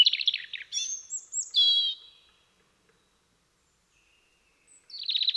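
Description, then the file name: European robin singing a rapid trilled phrase, then high thin whistles and a steady note, a silent gap of over two seconds, and a fresh buzzy trill starting at the end. "Erithacus rubecula"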